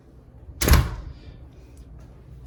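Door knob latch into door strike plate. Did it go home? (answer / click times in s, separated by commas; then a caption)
no / none. An exterior door with a door knob is pushed closed, giving a broad thud at about 0.6 s that fades over the next half second, followed by quiet and a faint tick near 1.8 s. The latch plunger is stuck part way in, so it does not catch in the strike plate, and nothing latches or clicks into place.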